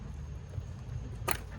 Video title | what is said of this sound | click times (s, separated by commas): 2017 BMW 330I (F30) Spark Plug Replacement | pop it right out | 1.3 s